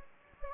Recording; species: mosquito wingbeat signal from an infrared sensor; Anopheles gambiae